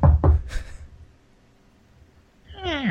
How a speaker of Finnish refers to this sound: Kuka koputtaa? Sanoa tulee sisään. Avaa.